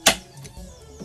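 A preset torque screwdriver tightens a terminal screw on a consumer unit until its clutch gives one sharp, bright click at 0.1 s. This shows the terminal has reached its rated torque. Only quiet low background sound and a few faint soft knocks follow.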